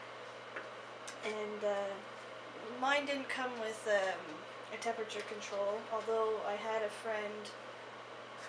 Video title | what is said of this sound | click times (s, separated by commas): Camping Cookery: How to dehydrate Chili Part 1 | okay so I put all the trays on and mine you kind of have to turn it to have them all lock into place | 0.6 s